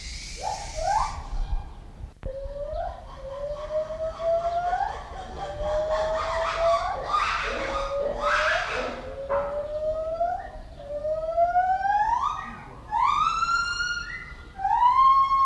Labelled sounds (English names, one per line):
Black-and-white Ruffed Lemur